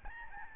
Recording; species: mosquito wingbeat signal from an infrared sensor; Aedes albopictus